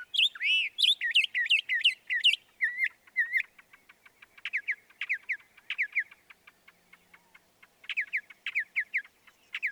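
Northern mockingbird song: varied chirpy phrases delivered quickly, shifting to rapid repeated notes and bursts of doubled syllables.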